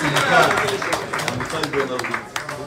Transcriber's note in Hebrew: מחיאות כפיים